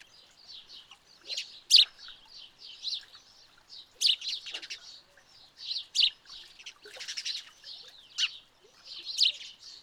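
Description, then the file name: House sparrow giving high chirps and rasping chatters in irregular clusters, some notes sharper and louder than others. "Passer domesticus"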